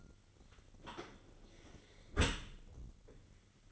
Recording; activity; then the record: daily activity, microphone in the room; close dishwasher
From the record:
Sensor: 4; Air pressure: 1003.9 hPa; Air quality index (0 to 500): 154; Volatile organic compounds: 2 ppm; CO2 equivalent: 1094 ppm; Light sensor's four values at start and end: 24/58/24/26 and 25/61/25/27